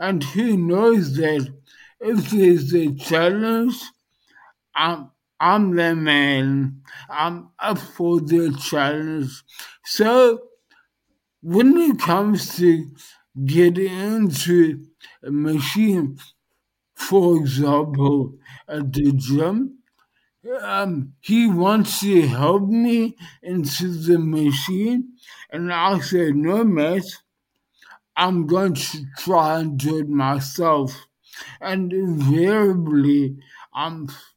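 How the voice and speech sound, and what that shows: An adult man speaks in short phrases broken by frequent pauses, with stretched sounds, nasal-sounding vowels and a fairly steady, narrow pitch, yet stays mostly understandable. This fits mild dysarthria after a stroke, a motor speech disorder from weakened speech muscle control.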